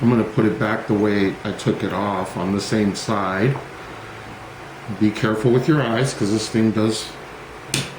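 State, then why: Seated. Someone talks while refitting a small spring-loaded metal part into the body of a vintage Zebco 404 spincast fishing reel, putting it back on the same side it came off, since the part can fly off. A single sharp snap is heard at 7.7 s as the part seats into place.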